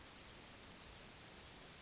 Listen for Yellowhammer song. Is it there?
no